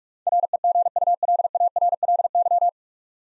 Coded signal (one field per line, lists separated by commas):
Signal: Morse code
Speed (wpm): 45 wpm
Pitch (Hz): 700 Hz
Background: none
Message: REGULARLY